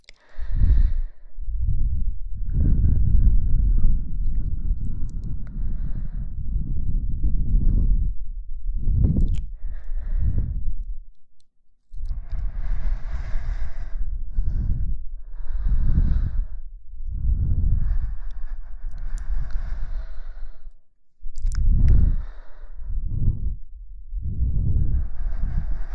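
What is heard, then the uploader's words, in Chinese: Gentle blowing into the ear comes as a run of soft, airy puffs with a deep, muffled rumble under each one. Some breaths are short and come every second or two; a longer steady stream runs from about 3 to 8 seconds, with brief pauses near 12 and 21 seconds. 轻轻的吹耳朵。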